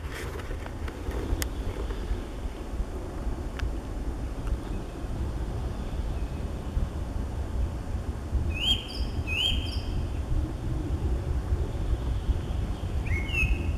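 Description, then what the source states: Song thrush giving a short whistled phrase twice in a row, then another phrase near the end, after a long stretch of low rumbling noise. Recorded 23 April 2015.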